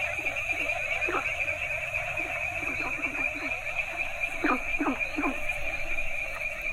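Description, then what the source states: Many frogs croaking at once; short low notes pulse beneath a steady shrill trill, with louder rasping croaks scattered early and in a run near the end. A variety of Asian frog species calling together.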